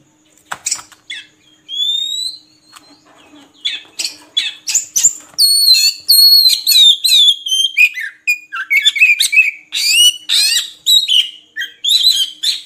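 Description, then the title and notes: Oriental magpie-robin song, a loud varied run of rising whistles, sweeping notes and rapid chattering phrases, growing denser and busier toward the end. Long-duration song used to train kept birds to sing actively, day and night. "Kacer Jadi Gacor Siang Malam. Isian Kacer Durasi Panjang"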